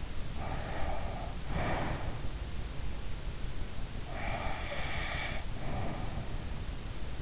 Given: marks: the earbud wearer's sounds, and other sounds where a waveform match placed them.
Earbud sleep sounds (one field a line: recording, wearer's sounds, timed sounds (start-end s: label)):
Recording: sounds in sleep by an in-ear microphone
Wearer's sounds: breath, snoring breath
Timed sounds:
0.37-2.36 s: breath
4.03-6.56 s: snoring breath